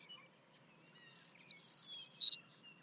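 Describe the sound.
Savannah sparrow song: a few thin, high introductory chips, then a long, insect-like buzzy trill that closes with a short, lower buzz.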